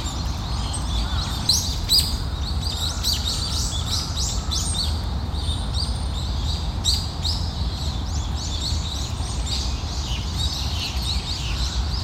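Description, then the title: Birds singing, many high chirps and short twittering phrases overlapping throughout, over a steady low background noise. Morning walk in a park; birds singing. "公園の朝散歩より. 鳥のこえ"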